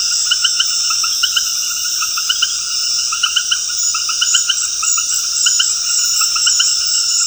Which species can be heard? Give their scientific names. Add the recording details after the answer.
none. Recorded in dense forest near Puerto Asís, Putumayo, Colombia, on 20 February 2024 at 21:00. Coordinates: 0.485, -76.325. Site G6429